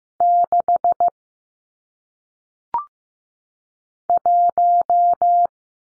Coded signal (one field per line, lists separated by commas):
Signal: Morse code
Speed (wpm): 15 wpm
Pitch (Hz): 700 Hz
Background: none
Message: 6 1